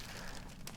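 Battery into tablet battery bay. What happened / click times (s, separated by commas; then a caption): The battery snapped into its bay / 0.7 s. A removable lithium battery is pressed into a tablet's battery bay, with steady broadband noise throughout. A single short hit at 0.7 s marks the battery seating in the compartment.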